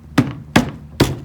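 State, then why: Seated. A plastic lid is pressed onto the top box of a stack of plastic sewing storage boxes, producing three sharp, low thunks at about 0.2, 0.6 and 1.0 seconds. The lid clicks into place at 0.6 and 1.0 seconds and ends up seated.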